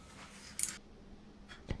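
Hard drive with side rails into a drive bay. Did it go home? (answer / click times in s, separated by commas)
yes / 0.6 s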